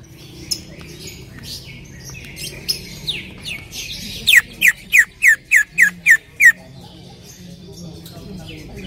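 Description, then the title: Greater green leafbird calling: soft scattered chatter, then a crisp series of eight loud, sharp downslurred notes spaced evenly, followed by quiet background. Female calling a male; highly vocal. "CUCAK IJO BETINA GACOR HIPER MEMANGGIL JANTAN"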